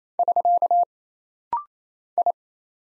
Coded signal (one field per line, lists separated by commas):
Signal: Morse code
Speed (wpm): 27 wpm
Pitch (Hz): 700 Hz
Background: none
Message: <SK> I